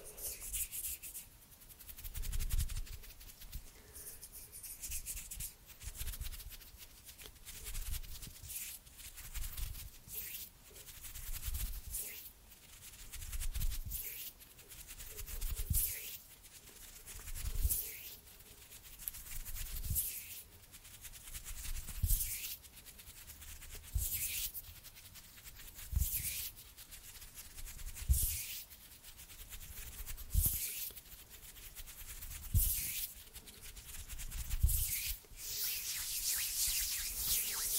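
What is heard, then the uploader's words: Hands rub and brush together in a steady, regular rhythm of soft swishes about every second or two, with faint low thumps between. Cozy hand sounds and movements.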